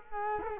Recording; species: mosquito wingbeat signal from an infrared sensor; Culex quinquefasciatus